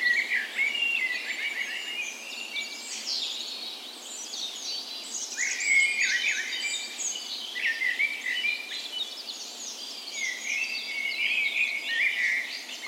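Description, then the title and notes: Birds: dawn chorus of many birds singing at once, overlapping high whistles, trills and chirps filling the whole stretch with no pause. Park west in Bergen, Norway; morning of 17 May, Norway's National Day; spring; Sony PCM A10 recorder with LOM Usi microphones placed as tree ears. "17th Of May Dawn Chorus. Recorded on the morning of Norways National Day the 17th of May in a park west in Bergen"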